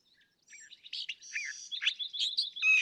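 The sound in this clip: California thrasher song, a quick jumble of varied chirps, slurred whistles and harsh notes that grows louder toward the end.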